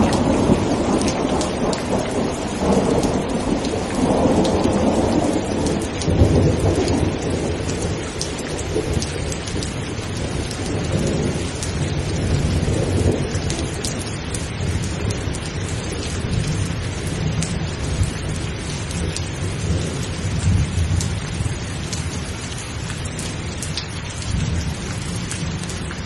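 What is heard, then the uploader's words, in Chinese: A thunderstorm with steady, dense rain hissing over surfaces throughout. Deep rolling thunder rumbles through the low end, swelling strongest in the first seven seconds and again around twelve and seventeen seconds, while the rain stays constant and close. 史诗般的雷雨声让人放松。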